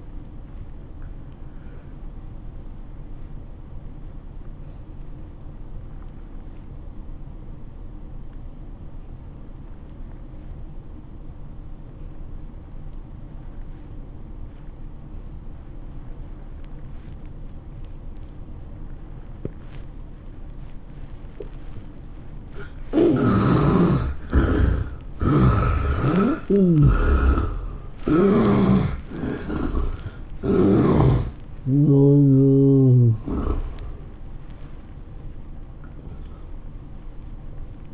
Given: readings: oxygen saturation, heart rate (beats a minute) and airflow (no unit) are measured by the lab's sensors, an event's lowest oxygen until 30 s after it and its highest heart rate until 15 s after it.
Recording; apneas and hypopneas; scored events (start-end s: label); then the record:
breathing in sleep by a smartphone at the bedside; 1
3.00-23.90 s: obstructive apnea (N1, oxygen 96% highest, then 71% lowest, heart rate 101 at the start, 110 highest)
From the record:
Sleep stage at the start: N1 (lightest sleep); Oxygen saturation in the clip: 70 to 96%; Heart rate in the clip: 84 to 110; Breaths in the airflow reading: 5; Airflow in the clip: -12.8 to 10.1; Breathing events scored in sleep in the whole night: 403 in 5.5 hours asleep